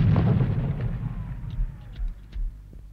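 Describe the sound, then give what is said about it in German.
A heavy, rumbling boom of artillery cannon fire rolls out and slowly decays, followed by a few duller thuds and low reverberating rumbles with no voices. “Was ist das? Artillerie. Kanonen.”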